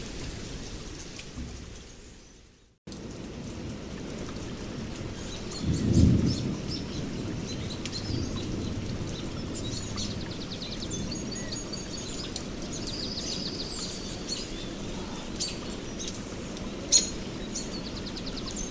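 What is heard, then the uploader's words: A stormy forest with a steady low rumble of rain and wind that drops out briefly near the start, then resumes. A heavier roll of thunder swells around six seconds, while small bird chirps dot the background and a sharp tap sounds near seventeen seconds. Stormy Forest.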